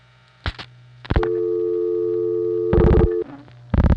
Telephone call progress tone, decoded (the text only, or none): dial tone